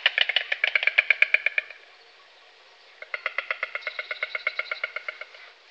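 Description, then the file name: White stork bill clattering in two rattling bursts of rapid wooden clicks, separated by a pause of just over a second. White stork; Europe. "Golosa ptic Evropy - Aist belyj"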